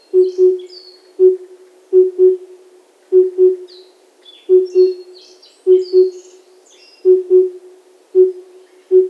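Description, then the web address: Cuckoo giving steady, hollow double hoots while small birds twitter and chirp in the background. Hooting in the wild in Hokkaido. "Google Sounds Sound Matters. Cuckoo hoots in wild hokkaido"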